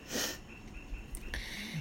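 Snoring from Blue, a female boxer dog lying asleep beneath the people.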